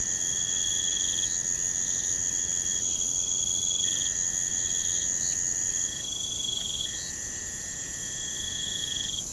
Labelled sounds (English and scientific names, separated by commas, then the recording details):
none
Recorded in pastures near Puerto Asís, Putumayo, Colombia, on 23 June 2025 at 03:00
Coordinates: 0.472, -76.331
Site G095